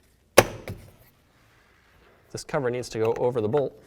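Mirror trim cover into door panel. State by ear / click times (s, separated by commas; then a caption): seated / 0.4 s. A plastic interior trim cover at the side mirror mount of a 2008–2012 Ford Escape is pressed into the door panel and snaps into place. A sharp single snap is heard at 0.4 s, followed by a fainter tap at 0.7 s. After a pause, someone talks.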